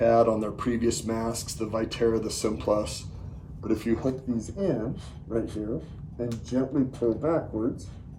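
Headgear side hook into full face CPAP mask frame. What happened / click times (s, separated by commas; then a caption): Handled, not yet home: plastic hook about to snap onto frame / none. A plastic headgear side hook is hooked onto the side of the frame of a Fisher and Paykel Evora full face CPAP mask and gently pulled backwards while someone talks throughout. No distinct snap stands out over the voice, and nothing has seated or clicked yet.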